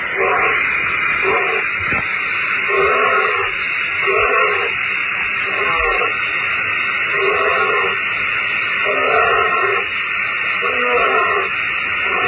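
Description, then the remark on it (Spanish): A purported thylacine (Tasmanian tiger) call released by Australian television: a run of about ten short, yipping, bark-like cries in an uneven rhythm, muffled and thin as if played from a broadcast, over a steady hiss. “Este es el sonido que nos entrega la televisión australiana sobre ese presunto tigre marsupial.”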